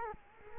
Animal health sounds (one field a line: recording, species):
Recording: mosquito wingbeat signal from an infrared sensor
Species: Culex quinquefasciatus